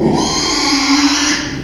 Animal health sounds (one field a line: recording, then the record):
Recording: squeal of a Yucatan mini pig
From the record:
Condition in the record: after surgery on the right vocal fold (resection and tissue-engineered implant)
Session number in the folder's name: 2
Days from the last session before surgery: 13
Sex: male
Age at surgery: 12 weeks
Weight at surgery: 13 kg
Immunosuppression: cyclosporine, prednisolone